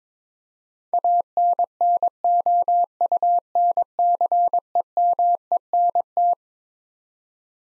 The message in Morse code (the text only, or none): ANNOUNCEMENT